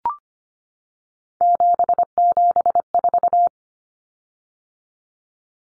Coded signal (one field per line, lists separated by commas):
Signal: Morse code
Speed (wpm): 25 wpm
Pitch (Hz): 700 Hz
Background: none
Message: 774